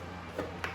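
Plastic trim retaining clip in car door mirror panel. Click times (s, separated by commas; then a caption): 0.6 s. A pry tool presses on a plastic retaining clip in the mirror trim panel of a Q50 car door. After a softer crackle near 0.4 seconds, the clip pops out with a sharp click at 0.6 seconds, releasing the first clip from the trim panel.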